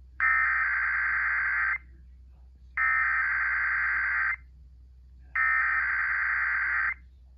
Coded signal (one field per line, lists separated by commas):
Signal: Emergency Alert System (SAME) tones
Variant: header bursts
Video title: KDKA Required Weekly Test (EAS #916)